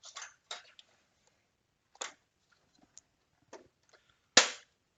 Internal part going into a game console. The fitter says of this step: there we go now if you heard that click